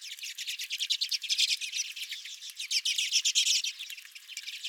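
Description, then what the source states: Redpolls twittering in a continuous, rapid chorus of dry, high notes, rising and falling in loudness. Redpolls calling at the recordist's feeder.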